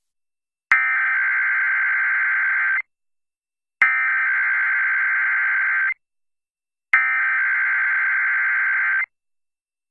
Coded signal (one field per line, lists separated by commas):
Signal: Emergency Alert System (SAME) tones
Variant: header bursts